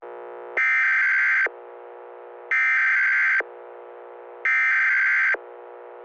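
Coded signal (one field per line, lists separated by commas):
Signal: Emergency Alert System (SAME) tones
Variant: header bursts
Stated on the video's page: Fictional EAS scenario of a tri-state weather disaster.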